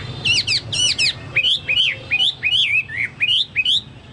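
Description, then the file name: Chinese hwamei song of clear, looping whistled notes repeated in a steady rhythm. "hwamei-2-omkicau"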